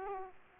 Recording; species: mosquito wingbeat signal from an infrared sensor; Aedes aegypti